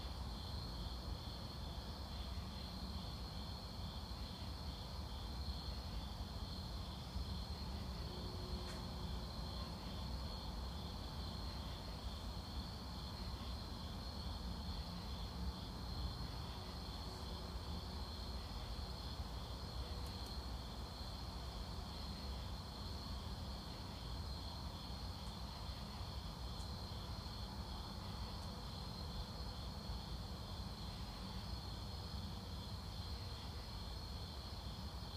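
Night insects keep up a steady, high, shimmering drone with faint regular pulsing, over a constant low rumble like traffic.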